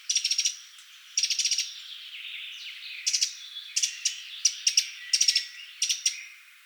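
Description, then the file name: Eurasian wren scolding with rapid ticking rattles, a burst at the start, then frequent short tick clusters continuing to the end. "Troglodytes troglodytes"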